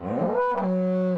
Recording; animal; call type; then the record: contact call of a hoofed animal; cattle; low-frequency (closed-mouth) or high-frequency (open-mouth) call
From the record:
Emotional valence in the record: negative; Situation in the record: full separation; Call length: 1.18 s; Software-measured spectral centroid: 850 Hz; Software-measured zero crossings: 940 a second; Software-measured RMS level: -24 dBFS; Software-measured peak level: -13 dBFS